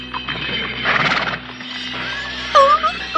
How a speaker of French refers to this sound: Un matin, alors qu'elle venait d'installer son étal au bord du trottoir, le cheval d'un cavalier ivre piétina et mit en 1000 morceaux toutes les poteries.